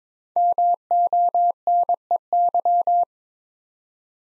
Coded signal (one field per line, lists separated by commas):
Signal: Morse code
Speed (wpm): 21 wpm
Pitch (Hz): 700 Hz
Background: none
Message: MONEY